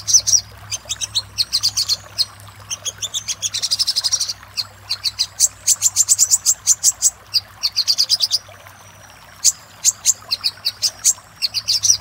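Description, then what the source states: Little spiderhunter song: spaced high clicks and chips that speed into a dense buzzy trill, then slow again into separate notes, over a faint low hum. Master recording for training cage birds, labelled 'Labaik'.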